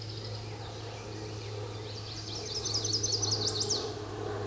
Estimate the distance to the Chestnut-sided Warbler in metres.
about 40 m